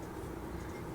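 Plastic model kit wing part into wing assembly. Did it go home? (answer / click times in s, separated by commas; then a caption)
no / none. A plastic wing part from a G.W.H. 1/48 scale A-10C model kit is handled and pressed toward its slot in the wing assembly. Only a steady, low, broadband background rumble is heard, with no sharp transients. The part has not snapped into place and nothing has seated yet.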